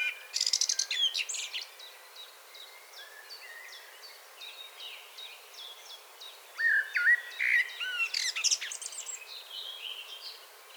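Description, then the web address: Common blackbird song: a scratchy high burst opens, then quiet repeated chips, then a warbled fluting phrase ending in high twitters. "SETE Turdus merula"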